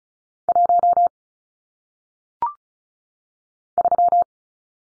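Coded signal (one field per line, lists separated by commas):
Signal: Morse code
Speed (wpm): 36 wpm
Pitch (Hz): 700 Hz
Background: none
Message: 1 3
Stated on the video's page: Morse code head-copy drill of single-digit numbers at 35 wpm, each sent twice around a spoken answer.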